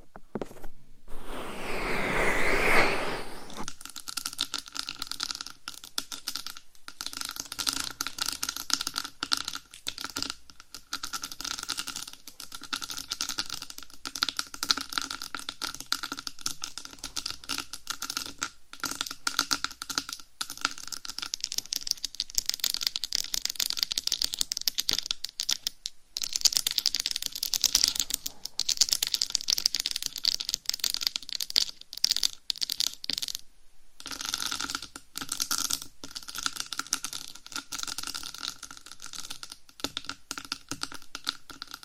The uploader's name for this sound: Binaural Mic Scratching , Massage & Tapping